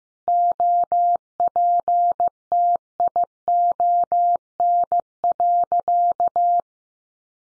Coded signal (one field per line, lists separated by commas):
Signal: Morse code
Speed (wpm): 15 wpm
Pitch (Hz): 700 Hz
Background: none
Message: OPTION.